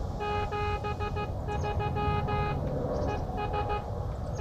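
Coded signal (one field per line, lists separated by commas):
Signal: Morse code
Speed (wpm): 15 wpm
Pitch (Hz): 830 Hz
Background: none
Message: 73 ES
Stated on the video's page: QRP CW from an Elecraft KX2 into a 9:1 end-fed Packtenna in a tree, making successive contacts.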